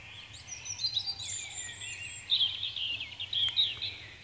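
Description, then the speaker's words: European robin song: a continuous run of high, sweet, wavering whistles and trills with quick pitch changes, over a faint low hum. Played as an example recording; a common small bird throughout Finland's coniferous forests, a thrush relative that starts singing very early. "Det som Levi också ville höra var hur låter Rödhaken?"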